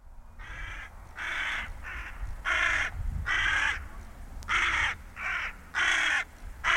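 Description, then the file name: Carrion crow giving a string of harsh, grating caws, several in under seven seconds, irregularly spaced, with low background rumble. "Corvus corone"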